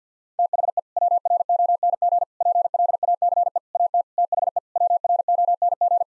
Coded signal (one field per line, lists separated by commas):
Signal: Morse code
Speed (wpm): 50 wpm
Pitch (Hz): 700 Hz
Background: none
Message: THE WRONG PLACE AT THE WRONG